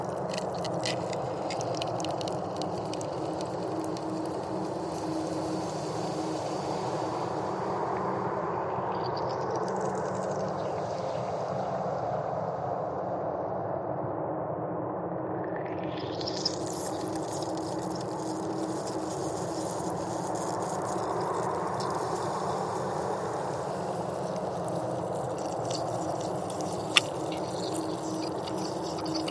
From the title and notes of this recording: Frozen Lake Sounds ASMR. Ice cracking in the cold, and bitter winter winds blowing across the frozen surface.